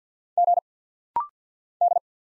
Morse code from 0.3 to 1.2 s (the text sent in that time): G